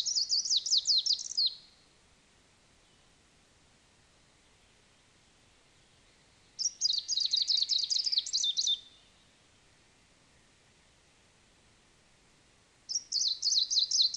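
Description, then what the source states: Greenish Warbler song, three bursts of fast, high, chattering notes, about two seconds long and repeated roughly every six seconds, with quiet gaps between; the last burst is cut off by the end. Subspecies viridanus; songs.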